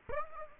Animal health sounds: mosquito wingbeat signal from an infrared sensor; Aedes aegypti

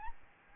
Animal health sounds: mosquito wingbeat signal from an infrared sensor; Aedes albopictus

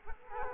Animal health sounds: mosquito wingbeat signal from an infrared sensor; Culex quinquefasciatus

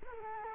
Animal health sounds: mosquito wingbeat signal from an infrared sensor; Culex quinquefasciatus

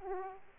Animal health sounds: mosquito wingbeat signal from an infrared sensor; Aedes aegypti

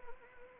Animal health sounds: mosquito wingbeat signal from an infrared sensor; Anopheles arabiensis

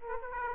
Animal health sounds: mosquito wingbeat signal from an infrared sensor; Aedes aegypti

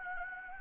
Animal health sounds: mosquito wingbeat signal from an infrared sensor; Anopheles arabiensis

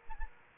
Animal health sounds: mosquito wingbeat signal from an infrared sensor; Aedes aegypti

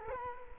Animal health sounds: mosquito wingbeat signal from an infrared sensor; Culex quinquefasciatus

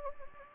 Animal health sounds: mosquito wingbeat signal from an infrared sensor; Anopheles gambiae

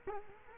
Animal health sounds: mosquito wingbeat signal from an infrared sensor; Culex quinquefasciatus

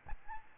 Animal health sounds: mosquito wingbeat signal from an infrared sensor; Aedes albopictus

